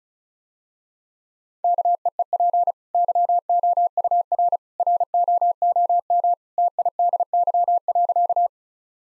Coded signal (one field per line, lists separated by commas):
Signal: Morse code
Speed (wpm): 34 wpm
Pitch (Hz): 700 Hz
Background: none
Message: KEEP YOUR ROOM TIDY.